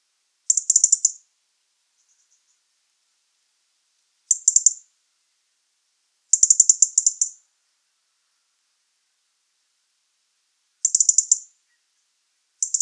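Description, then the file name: European robin calling with sharp, high-pitched stuttering tick series in short bursts, spaced by quiet gaps of a few seconds. "Erithacus rubecula"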